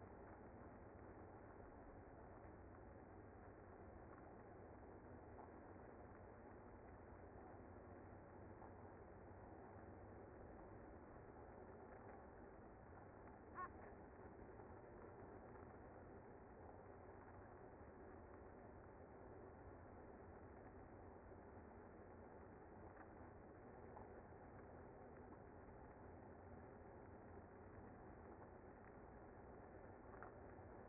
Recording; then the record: honeybee colony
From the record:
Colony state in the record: active